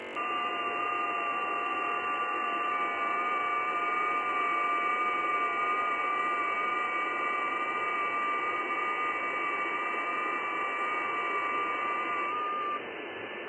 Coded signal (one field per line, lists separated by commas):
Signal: FT8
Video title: Malahit DSP2 SDR demonstration